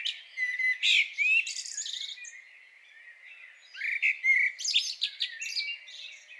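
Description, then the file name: Common blackbird with loud fluty whistled notes and high scratchy twitters in two main bursts, a quieter stretch between them. "Turdus merula"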